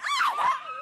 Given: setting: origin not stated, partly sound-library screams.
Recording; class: one-second piece from a danger detection set; woman in danger